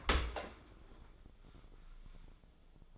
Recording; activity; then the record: daily activity, microphone in the room; open dishwasher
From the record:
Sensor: 5